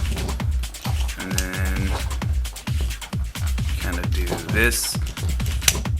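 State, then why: Seated. A plastic body section of a transforming robot toy is moved during its robot-to-jet transformation and snaps into its jet-mode position with a sharp, loud click at 5.7 s. Someone talks over steady electronic background music with rhythmic beats throughout.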